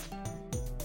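A brief, low, gurgling rumble with sliding pitch lasts under a second over quiet room noise. It is an audible stomach growl (borborygmi) from an adult, the ordinary sound of gas and fluid moving through the gut.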